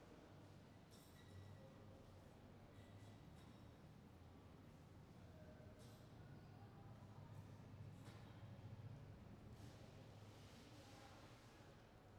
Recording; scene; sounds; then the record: everyday scene through a hearing-aid microphone; reverberant space; background noise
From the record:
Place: railway station hall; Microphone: behind the ear, right, front